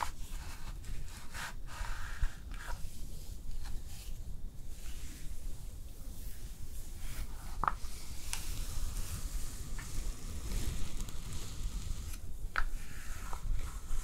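Hair brushing and styling: a steady low rustle with soft scraping strokes, and brief bright clicks around seconds eight, twelve and thirteen.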